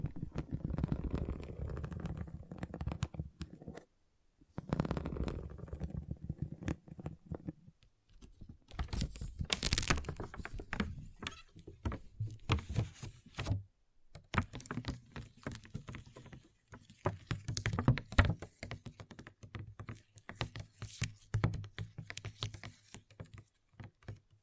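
Pixel art beads being handled: bursts of small clicking and clattering, denser and lower in the first ten seconds, then more scattered, crisp ticks. Short silent gaps fall near four and fourteen seconds, and a bright rattling swell rises around ten seconds.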